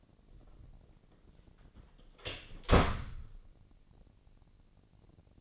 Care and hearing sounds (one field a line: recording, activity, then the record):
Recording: daily activity, microphone in the room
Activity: close door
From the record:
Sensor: 4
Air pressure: 1013.2 hPa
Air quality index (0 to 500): 178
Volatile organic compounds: 2 ppm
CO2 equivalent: 1122 ppm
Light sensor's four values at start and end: 91/229/95/100 and 71/171/72/73